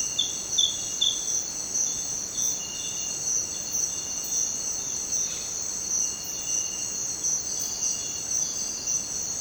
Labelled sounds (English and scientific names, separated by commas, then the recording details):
none
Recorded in dense forest near Puerto Asís, Putumayo, Colombia, on 23 June 2025 at 06:00
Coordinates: 0.484, -76.317
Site G045